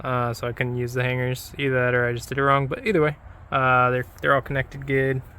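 A spark plug wire boot on the distributor cap terminal of a 1996 Jeep Cherokee during a tune-up is being handled while someone talks steadily throughout. Nothing has seated or clicked yet; the boot has not been pushed home in this clip.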